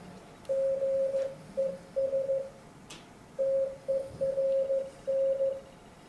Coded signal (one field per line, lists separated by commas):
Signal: Morse code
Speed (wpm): 15 wpm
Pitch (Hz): 540 Hz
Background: radio noise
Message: GESTERN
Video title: Copy CW in Your Head Friederichshafen 2018